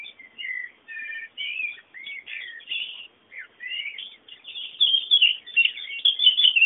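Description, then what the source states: Busy, lively bird song, with rapid chirps and warbles running almost continuously and growing denser and louder toward the end. Background bird sounds.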